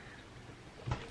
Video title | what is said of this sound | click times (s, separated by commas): Spire 3 review | there's a little tab right here and you want to press it really hard and this will you'll hear a click and once you hear a click come right up | 0.9 s